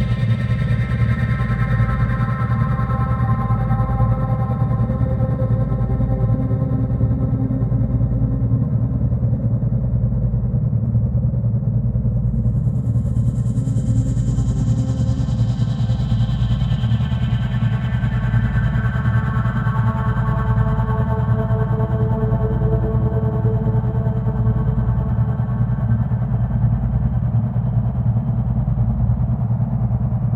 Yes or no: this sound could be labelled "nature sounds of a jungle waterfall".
no